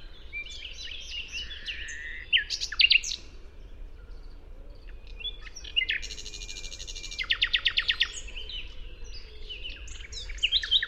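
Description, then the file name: Common nightingale song: scattered varied phrases with sharp notes and two dense buzzy rattling trills, separated by quieter gaps. "Luscinia megarhynchos"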